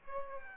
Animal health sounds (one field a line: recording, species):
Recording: mosquito wingbeat signal from an infrared sensor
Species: Aedes albopictus